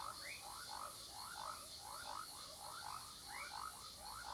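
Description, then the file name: Toad chorus of quick upward-sweeping notes overlapping in a continuous rhythm, with a shrill cicada hum running throughout. Several toads in a marsh in the morning, with cicadas in the background. "Sapos brejao de manha com cigarras, passaros e transito longe"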